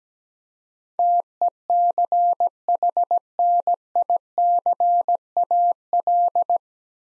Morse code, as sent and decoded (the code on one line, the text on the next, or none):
- . -.-. .... -. .. -.-. .- .-..
TECHNICAL